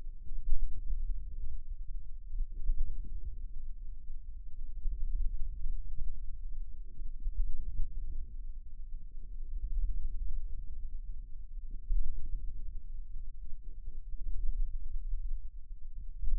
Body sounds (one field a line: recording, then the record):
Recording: forearm muscle sounds (acoustic myography)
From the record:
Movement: wrist flexion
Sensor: system 2, bracelet of six BSWA MPA416 microphones around the upper forearm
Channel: 1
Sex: male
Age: 22 years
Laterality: right